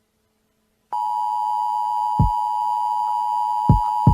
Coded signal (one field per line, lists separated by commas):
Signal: Emergency Alert System (SAME) tones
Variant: 853 and 960 Hz attention tone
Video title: redbone but its actually an EAS alien broadcast